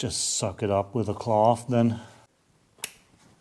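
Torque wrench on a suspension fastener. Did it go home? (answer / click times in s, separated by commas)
yes / 2.8 s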